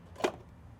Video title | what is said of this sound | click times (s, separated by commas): Ta Prismavent 40® en vidéo | ouvrir le couvercle à l'aide de la grande encoche en le déclipsant vers le haut | 0.2 s